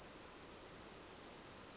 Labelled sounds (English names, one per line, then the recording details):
Western Flycatcher
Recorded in Sonoma County, California